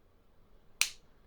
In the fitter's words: more than 15 years and that cap still holds very well and makes quite the noise when it clicks in place.